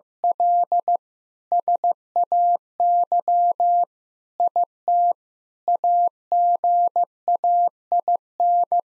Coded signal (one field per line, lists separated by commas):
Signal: Morse code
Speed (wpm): 15 wpm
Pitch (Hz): 700 Hz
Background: none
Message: L SAY IT AGAIN